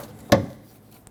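The metal retaining clip on the old hood lift support's upper ball socket of a 2006-2010 Hyundai Sonata is pried open, and the strut end is pulled off its ball stud on the body. A sharp pop at 0.3 s is followed by a faint tick near 1.1 s. The end fitting comes free and the support is released.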